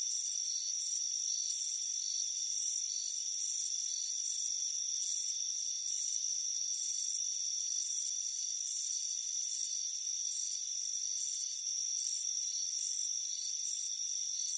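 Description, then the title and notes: Cricket chirps, rapid, high and evenly spaced, run throughout over a steady ringing insect drone. Chirping crickets on a warm afternoon at a front porch. "Soothing Crickets Chirping Sound. It's a warm afternoon as you relax in a hammock on the front porch"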